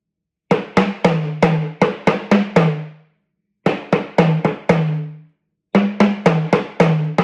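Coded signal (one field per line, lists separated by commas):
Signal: talking drum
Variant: Yoruba sakara drum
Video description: Playing "Ọsan gangan ni aṣa o gbe" with the Yoruba Orunsha Sakara talking drum by Jammal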